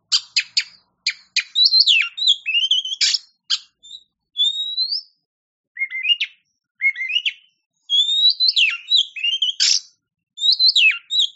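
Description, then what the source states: Oriental magpie-robin song of crisp ticking notes and sweet gliding whistles, delivered in quick clusters with a few lower notes midway. A champion-class Oriental magpie-robin (kacer) singing.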